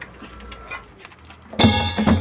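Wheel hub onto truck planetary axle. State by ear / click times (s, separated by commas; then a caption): not seated / none. A truck wheel hub is being fitted onto the planetary axle assembly of a Howo 371 during a wheel repair. Quiet handling with faint light ticks near 0.0 s and 1.1 s gives way to a loud, broad burst with sustained ringing tones from about 1.6 s, and another strong hit around 2.1 s. The hub has not seated yet.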